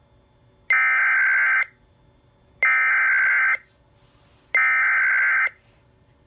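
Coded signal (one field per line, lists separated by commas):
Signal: Emergency Alert System (SAME) tones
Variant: header bursts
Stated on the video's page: Weather radio winter weather advisories relayed through an ENDEC, not via EAS.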